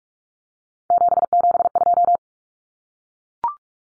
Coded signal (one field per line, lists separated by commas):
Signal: Morse code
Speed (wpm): 44 wpm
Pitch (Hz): 700 Hz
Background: none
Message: 772